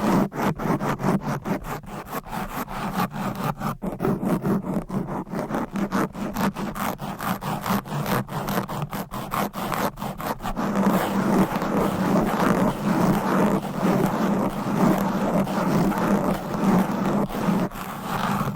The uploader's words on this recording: Fast and Aggressive Mic Scratching - Brain Scratching with Long Nails. No Talking.